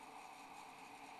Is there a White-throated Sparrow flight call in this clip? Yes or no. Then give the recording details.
no. No flight call is heard. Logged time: 05:44 on 12 December 2014